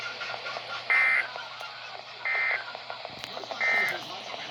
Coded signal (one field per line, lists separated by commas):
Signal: Emergency Alert System (SAME) tones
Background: speech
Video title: FIRST EVER C.A.E. (EAS#144-145)